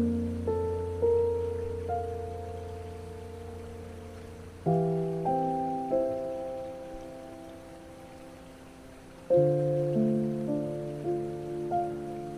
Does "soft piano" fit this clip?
yes